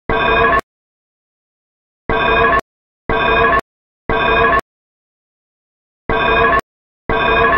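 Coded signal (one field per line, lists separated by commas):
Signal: alarm pattern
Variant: Super Metroid escape alarm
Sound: buzzy game alarm tone in groups of 3 half-second blasts, pause, repeating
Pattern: temporal three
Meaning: Temporal-3 cadence signals fire evacuation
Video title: Super Metroid Escape Alarm Sound Effect But Edited To A Code-3 Fire Alarm Like Sound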